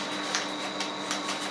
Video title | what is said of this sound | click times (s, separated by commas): Premières Impressions/Firt Impressions : Brush Activ Nano Smart | voilà, on enclenche, on fait un petit mouvement de rotation, on vérifie bien qu'elle est bien enclenchée, | 0.4 s